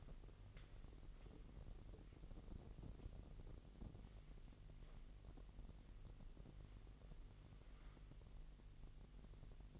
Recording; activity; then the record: daily activity, microphone in the room; wipe stove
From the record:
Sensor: 4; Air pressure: 1001.7 hPa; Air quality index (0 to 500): 246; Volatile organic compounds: 39 ppm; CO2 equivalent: 3140 ppm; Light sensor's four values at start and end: 8/19/7/7 and 8/18/7/6